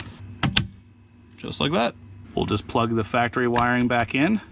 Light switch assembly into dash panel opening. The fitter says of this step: slide it in from the back and there's just a couple clips on the back that will snap into place just like